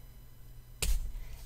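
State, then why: Seated. A plastic cap is pushed onto the barrel of a dual-tip water-based marker and snaps home with a firm, sharp click at 0.8 s, following a quiet low hum. The cap is seated.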